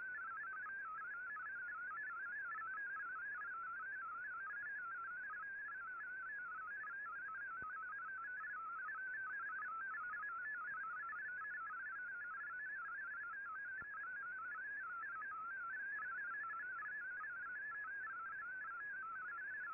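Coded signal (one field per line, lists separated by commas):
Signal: multi-tone FSK (Olivia or MFSK type)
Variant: MFSK32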